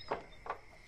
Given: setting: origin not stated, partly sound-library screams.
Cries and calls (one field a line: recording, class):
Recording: one-second piece from a danger detection set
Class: normal situation